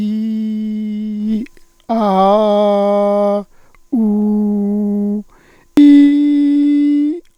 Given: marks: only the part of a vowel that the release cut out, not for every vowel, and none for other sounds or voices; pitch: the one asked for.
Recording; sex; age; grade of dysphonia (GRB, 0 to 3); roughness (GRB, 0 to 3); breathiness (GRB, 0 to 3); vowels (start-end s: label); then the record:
sustained vowels; male; 60 to 69 years; 0; 0; 0
0.00-1.23 s: vowel /i/, normal pitch
2.14-3.31 s: vowel /a/, normal pitch
4.05-5.08 s: vowel /u/, normal pitch
6.12-7.04 s: vowel /i/, high pitch
From the record:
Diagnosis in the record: psychogenic dysphonia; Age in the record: 61 years